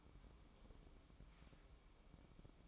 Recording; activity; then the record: daily activity, microphone in the room; take from stove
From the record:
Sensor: 1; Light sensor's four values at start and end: 8/18/7/8 and 8/18/7/7